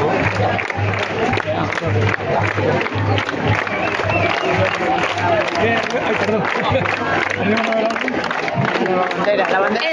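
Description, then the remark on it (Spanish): A crowd at the Barcelona harbour waterfront, the Moll de la Fusta promenade, applauds continuously as a large Palestinian flag about 10 metres long passes along the shore: dense clapping mixed with voices and chatter, with a low steady hum beneath that drops away near the end. “Están aplaudiendo una gran bandera palestina, tiene aproximadamente 10 metros y está pasando por el litoral, cubriendo el paseo.”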